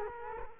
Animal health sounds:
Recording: mosquito wingbeat signal from an infrared sensor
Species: Culex quinquefasciatus

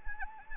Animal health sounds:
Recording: mosquito wingbeat signal from an infrared sensor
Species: Anopheles arabiensis

